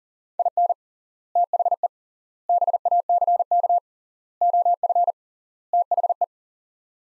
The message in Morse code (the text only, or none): IN THE BACK OF THE